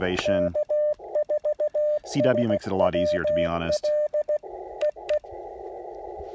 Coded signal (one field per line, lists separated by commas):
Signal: Morse code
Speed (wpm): 16 wpm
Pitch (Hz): 600 Hz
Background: speech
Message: K4SWL EE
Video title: Real-time CW POTA activation of Elk Knob State Park with the Icom IC-705 transceiver